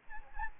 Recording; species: mosquito wingbeat signal from an infrared sensor; Aedes albopictus